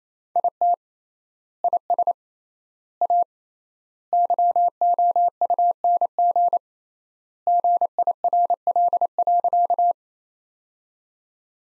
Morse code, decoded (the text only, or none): IT IS A YOUNG GIRL.